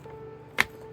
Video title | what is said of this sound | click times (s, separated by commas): How to replace or reinstall your Oreck Vacuum Cleaner Bag Dock Holder or convert your Vac to use one | and just push it until you hear it clicks. | 0.6 s